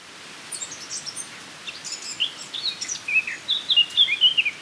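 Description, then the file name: Eurasian blackcap warbling, a varied stream of high chirps, twitters and short whistled notes that grows louder toward the end over soft background hiss. "Sylvia atricapilla"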